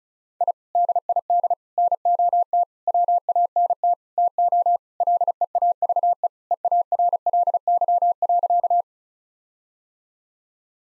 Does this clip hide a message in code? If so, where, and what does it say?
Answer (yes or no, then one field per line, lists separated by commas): yes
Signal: Morse code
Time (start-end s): 0.4-8.8 s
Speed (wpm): 34 wpm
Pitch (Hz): 700 Hz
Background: none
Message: I DID NOT WANT TO LEAVE EARLY.